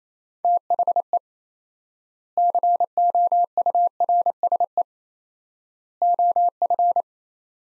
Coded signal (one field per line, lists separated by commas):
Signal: Morse code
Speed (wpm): 27 wpm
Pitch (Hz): 700 Hz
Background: none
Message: THE COURSE OF